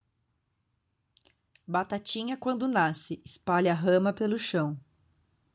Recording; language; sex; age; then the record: short text; Brazilian Portuguese; female; 20 to 29 years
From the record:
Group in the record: control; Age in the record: 24 years